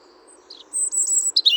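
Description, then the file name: European robin song in a brief snatch: a thin, very high sustained note, then quick, squeaky twittering notes, with a soft low hum beneath. "Erithacus rubecula"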